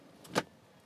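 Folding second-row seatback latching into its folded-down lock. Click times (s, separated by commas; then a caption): 0.4 s. The folded-down second-row seatback of an MG HS SUV, lying flat in the cargo area, latches into its folded lock: a faint knock comes just before a single sharp click at 0.4 s. The seatback locks into place so loads stay flat and secure.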